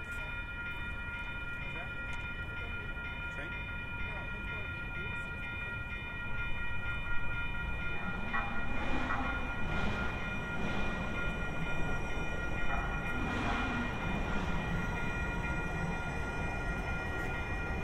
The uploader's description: A binaural recording of a walk from the San Diego County Admin Building to my apartment in Golden Hill